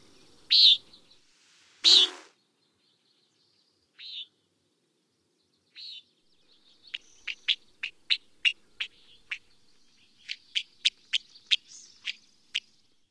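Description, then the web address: Common nighthawk giving loud calls a couple of seconds apart, then a quick run of many sharp, short notes in the second half. North America. "Songs of Birds of North America Stokes. Common Nighthawk"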